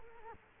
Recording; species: mosquito wingbeat signal from an infrared sensor; Culex quinquefasciatus